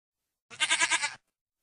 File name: Odglosy zwierzat -koza